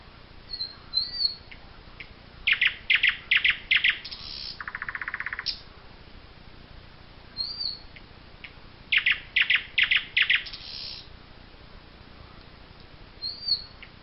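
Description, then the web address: Common nightingale song: high whistled notes, a loud series of rich repeated notes with a buzzy rattle, silence, then the pattern returns. "chants doiseaux chant du rossignol"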